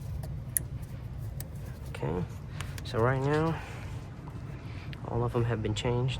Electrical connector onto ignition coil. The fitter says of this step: Notice how they're all clipping. You should hear that click.